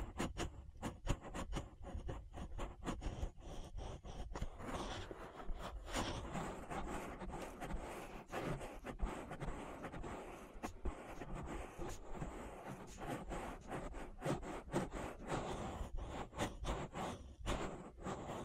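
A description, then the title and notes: An ear massage of dense, continuous rubbing and scraping, with rapid crackly bursts throughout and a brief smoother stretch around six seconds. ASMR Relaxing Ear Massage.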